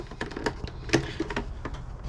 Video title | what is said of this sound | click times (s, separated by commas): Xbox Series X Disc Drive Repair & Replacement Guide | Clips you're gonna hear them click | 0.2 s, 0.5 s, 0.9 s